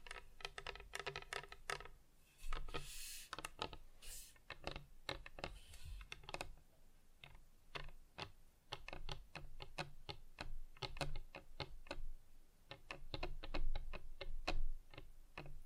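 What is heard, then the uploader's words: Fingers tap on hard surfaces in quick, uneven bursts of sharp clicks, like rapid typing, running through the whole clip. Around two to six seconds a bright hissing scrape and rustle joins in, and a low, steady hum stays underneath throughout. ASMR Just Tapping (Different Surfaces No Talking).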